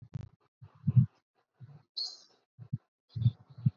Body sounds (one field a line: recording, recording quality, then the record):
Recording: shallow breathing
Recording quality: moderate, slight background noise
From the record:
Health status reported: respiratory illness, not identified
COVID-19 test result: negative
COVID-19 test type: RT-PCR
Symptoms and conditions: cough, fever, muscle pain, another respiratory illness, another condition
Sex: female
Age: 27 years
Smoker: no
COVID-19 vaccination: both doses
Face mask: worn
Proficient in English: yes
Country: India